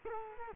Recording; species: mosquito wingbeat signal from an infrared sensor; Culex quinquefasciatus